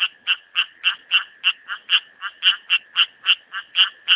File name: litoria nasuta